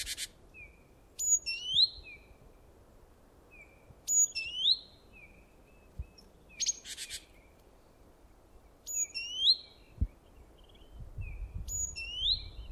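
Bird calls: several high, sharp descending notes followed by brief chirps, with a few soft clicks and some low rumble.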